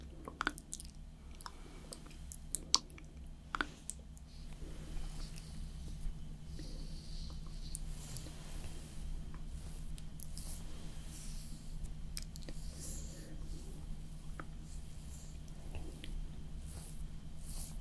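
Someone slowly does makeup, with soft squishing dabs and light taps over a low steady hum, brief clicks clustering in the first four seconds.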